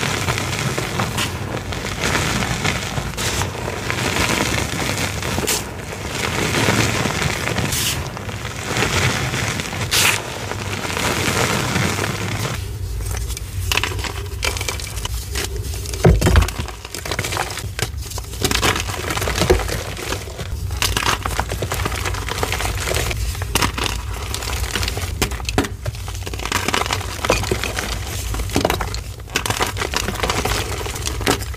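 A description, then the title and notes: Zote flakes and gym chalk reforms are poured and crushed, giving a dense, continuous crinkling and crumbly crackle throughout. The first twelve seconds are fuller and steadier; afterward the texture thins, with sharper crunches and brief bursts recurring every few seconds, one louder near sixteen seconds. Pouring Zote flakes, crushing dusty Zote gym chalk reforms, super dusty powder play. Zote Flakes Dump, ASMR Gym Chalk Reforms + Dusty Powder.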